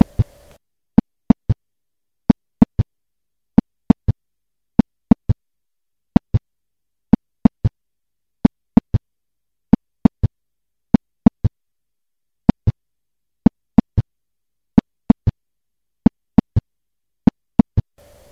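Heart sounds with an S3 gallop: a repeating three-beat cadence of S1, S2 and an early diastolic third heart sound. It is loudest at the apex or near the sternum and is pathological in persons over 40 years. Causes include systemic hypertension, myocardial infarction, mitral regurgitation, thyrotoxicosis, cardiomyopathy and massive pulmonary embolism.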